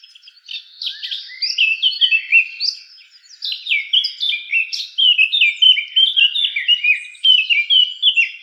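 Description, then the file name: Eurasian blackcap song, a rapid, varied warble of chattering and scratchy notes with quick up-and-down phrases, sung almost without pause through the whole stretch. "Sylvia atricapilla"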